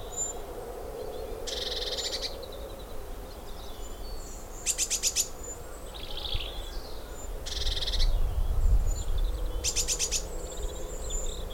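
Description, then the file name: Great tit rattling calls, harsh pulsed bursts repeated several times, mixed with thin high whistles over a low rumble. "Parus major"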